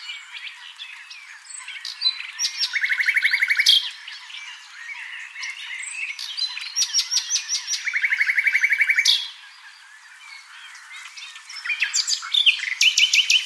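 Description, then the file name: Common nightingale song with long, fast rattling trills of repeated notes, sharp whistles and clicking phrases, broken by brief quieter pauses. "Luscinia megarhynchos"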